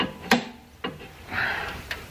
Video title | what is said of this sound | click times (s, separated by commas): Range Rover L322 - Replacing lower control arm | Right, there's your click for 160. | 0.3 s